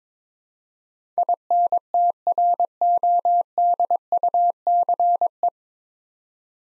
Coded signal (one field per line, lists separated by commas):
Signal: Morse code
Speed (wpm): 22 wpm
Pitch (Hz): 700 Hz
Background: none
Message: INTRODUCE